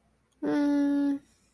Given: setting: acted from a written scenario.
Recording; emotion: vocal sound without words; neutral